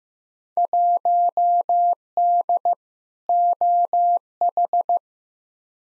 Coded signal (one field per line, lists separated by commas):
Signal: Morse code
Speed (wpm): 15 wpm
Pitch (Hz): 700 Hz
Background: none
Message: 1D OH